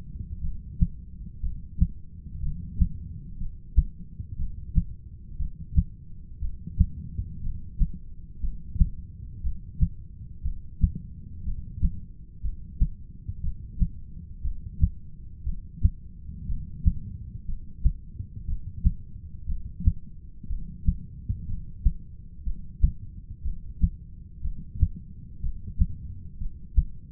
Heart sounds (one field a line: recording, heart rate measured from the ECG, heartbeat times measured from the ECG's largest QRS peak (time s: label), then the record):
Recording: heart sounds by stethoscope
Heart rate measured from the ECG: 60 bpm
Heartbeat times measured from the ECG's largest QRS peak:
0.41 s: heartbeat
1.41 s: heartbeat
2.41 s: heartbeat
3.38 s: heartbeat
4.36 s: heartbeat
5.37 s: heartbeat
6.40 s: heartbeat
7.41 s: heartbeat
8.41 s: heartbeat
9.41 s: heartbeat
10.42 s: heartbeat
11.44 s: heartbeat
12.42 s: heartbeat
13.41 s: heartbeat
14.42 s: heartbeat
15.44 s: heartbeat
16.46 s: heartbeat
17.46 s: heartbeat
18.45 s: heartbeat
19.46 s: heartbeat
20.47 s: heartbeat
21.46 s: heartbeat
22.44 s: heartbeat
23.42 s: heartbeat
24.42 s: heartbeat
25.41 s: heartbeat
26.38 s: heartbeat
From the record:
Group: heart failure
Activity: rest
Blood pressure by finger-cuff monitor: 111/76 mmHg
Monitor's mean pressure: 89 mmHg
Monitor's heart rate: 60 bpm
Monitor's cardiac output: 6.2 L/min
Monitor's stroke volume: 103 mL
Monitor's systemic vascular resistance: 1050 dyn s/cm5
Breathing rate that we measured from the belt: 13 breaths a minute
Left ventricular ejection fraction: 25%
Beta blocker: metoprolol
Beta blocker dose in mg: 62.5 twice daily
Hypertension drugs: ramipril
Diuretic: furosemide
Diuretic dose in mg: 40 twice daily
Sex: male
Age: 57 years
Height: 180 cm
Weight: 90.5 kg